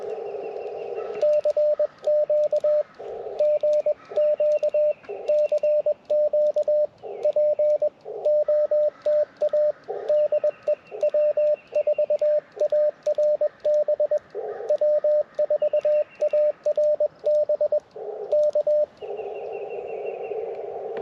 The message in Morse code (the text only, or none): CQ GQ CQ POTA DE W4ARB W4ARB K